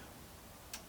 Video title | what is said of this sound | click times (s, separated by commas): Montage d'une Dump valve sur sa ST du diable | Stop. T'as entendu le petit clic? Ouais. Ça veut dire stop. | 0.7 s